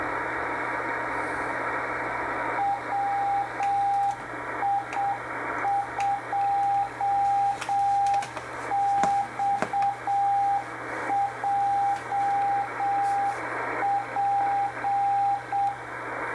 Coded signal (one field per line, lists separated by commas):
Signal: Morse code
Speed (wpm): 7 wpm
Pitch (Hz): 800 Hz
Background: radio noise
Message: WI2XJP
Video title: WI2XJP Experimental station received 5058 Khz Shortwave in Morse Code